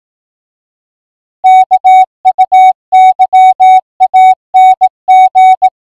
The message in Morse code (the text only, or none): KUYANG